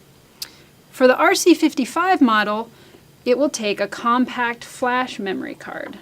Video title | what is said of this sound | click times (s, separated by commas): BYO how to use your camera | and you'll have to again it because it's spring loaded push it in until it clicks | 0.4 s